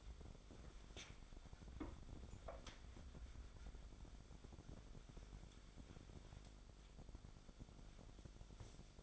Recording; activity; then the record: daily activity, microphone in the room; wipe stove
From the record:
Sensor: 5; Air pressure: 1007.1 hPa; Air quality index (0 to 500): 173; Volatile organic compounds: 4 ppm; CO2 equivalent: 1656 ppm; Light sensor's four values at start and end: 52/144/57/57 and 54/147/58/59